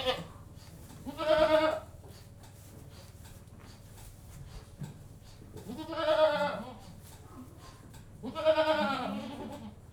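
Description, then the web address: Goat bleating: three strong wavering calls spaced a few seconds apart, over low background noise. General atmosphere inside a goat house with livestock. "BBC Sound Effects Library - Livestock 1 General Atmosphere In Goat-House"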